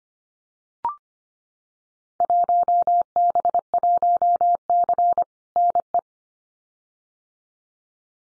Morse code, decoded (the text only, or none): 1B1C NE